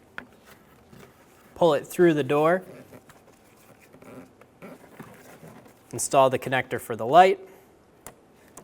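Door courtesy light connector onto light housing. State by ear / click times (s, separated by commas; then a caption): seated / 8.1 s. Someone talks while the plastic connector for the door-card courtesy light on a 2009-2013 BMW 328i xDrive, during a passenger-side mirror replacement, is pushed onto the light housing. A sharp click at 8.1 s marks the connector seating, with a few soft handling sounds before it. The connector is confirmed locked in.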